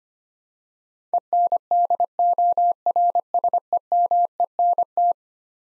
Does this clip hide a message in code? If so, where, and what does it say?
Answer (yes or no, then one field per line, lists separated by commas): yes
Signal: Morse code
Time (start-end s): 1.1-5.1 s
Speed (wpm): 25 wpm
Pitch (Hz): 700 Hz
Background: none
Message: ENDORSEMENT